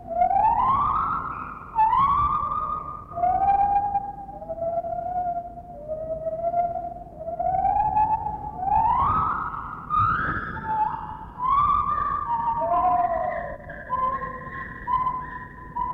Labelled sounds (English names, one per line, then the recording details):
Lar Gibbon
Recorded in captivity
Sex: pair
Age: adult
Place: Zoo Berlin, Berlin, DE
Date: 1960-10-16 12:15
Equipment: Minifon, Kopie Smaragd
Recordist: Tembrock, Günter